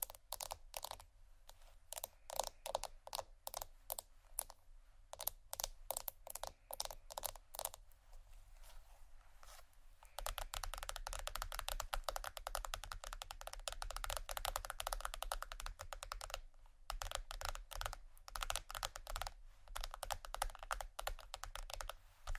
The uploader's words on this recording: ASMR Fast Tapping & Scratching （No Talking）.